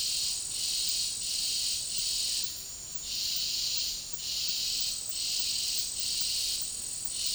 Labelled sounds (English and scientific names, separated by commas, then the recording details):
none
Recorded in dense forest near Puerto Asís, Putumayo, Colombia, on 19 February 2024 at 17:00
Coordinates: 0.503, -76.322
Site G6418